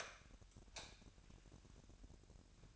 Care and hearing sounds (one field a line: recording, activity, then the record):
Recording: daily activity, microphone in the room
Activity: light off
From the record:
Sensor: 2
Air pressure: 1011.8 hPa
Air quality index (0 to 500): 213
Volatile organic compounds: 3 ppm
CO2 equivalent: 1502 ppm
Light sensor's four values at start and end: 16/42/17/18 and 11/26/11/11